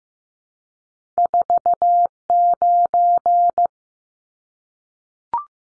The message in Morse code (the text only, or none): 49